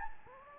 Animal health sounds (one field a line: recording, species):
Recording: mosquito wingbeat signal from an infrared sensor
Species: Anopheles gambiae